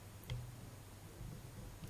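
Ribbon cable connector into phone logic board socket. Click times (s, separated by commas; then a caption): 0.3 s. A flex cable's board-to-board connector is lined up and pressed onto its socket on a Samsung S4 phone's logic board during reassembly for a not-charging, not-syncing repair. It pops on with a soft, short click at 0.3 s over a quiet low hum, and the connector is seated.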